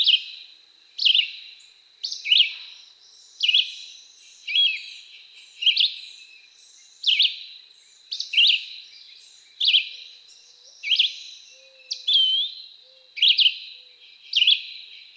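Red-eyed Vireo giving a long run of brief, burry whistled phrases, one about every second, each varied slightly, with a constant high whine behind.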